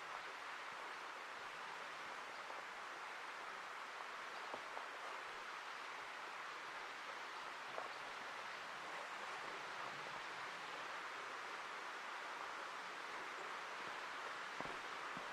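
Forest ambience from the Ancient Forest Preserve in Portland, Oregon, filled with a steady, dense rushing hiss like flowing water or light rain, bright and unchanging throughout. A few faint ticks and drips break through, near 4.5, 8 and 14.5 seconds.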